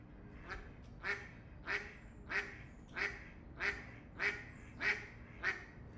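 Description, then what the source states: Duck quacks in a steady series, about nine harsh nasal calls evenly spaced a little more than half a second apart, over a faint low background rumble. Ducks on a canal in Europe, recorded by day.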